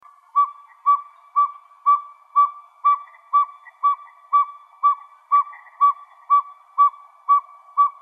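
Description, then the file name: Northern pygmy owl tooting: clear, hollow single whistled notes on one pitch, repeated steadily about twice a second, sixteen toots in a quiet background. Recorded in Arizona. "NOPO 1 deviche"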